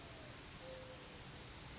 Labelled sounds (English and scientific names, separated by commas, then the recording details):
Mourning Dove (Zenaida macroura)
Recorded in Sonoma County, California